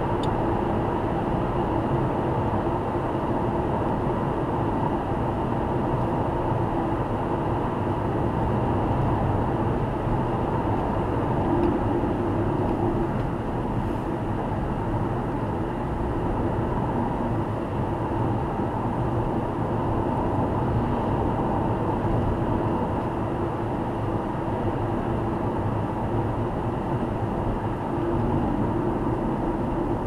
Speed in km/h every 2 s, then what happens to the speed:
112, 110, 108, 109, 110, 101, 99, 100, 100, 103, 104, 102, 101, 97, 90.
0-8 steady at about 110. 8-12 slows to 99. 12-24 steady at about 101. 24-30 slows to 90.